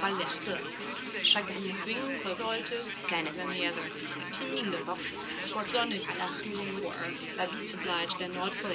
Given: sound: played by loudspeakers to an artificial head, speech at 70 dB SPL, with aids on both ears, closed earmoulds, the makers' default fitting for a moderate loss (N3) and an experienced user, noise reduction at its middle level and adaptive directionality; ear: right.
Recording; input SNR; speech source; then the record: speech test signal (ISTS) in cocktail-party noise; -3 dB; on the right (90 degrees)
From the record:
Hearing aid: class 2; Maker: E